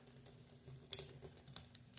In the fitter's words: this is all going to snap